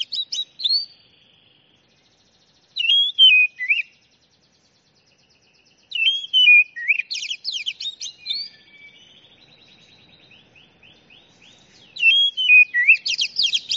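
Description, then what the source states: Oriental magpie-robin singing in separated bursts of rich whistles, slurred descending notes and quick rattling sweeps, with brief silences between phrases. Champion Oriental magpie-robin (kacer juara) singing.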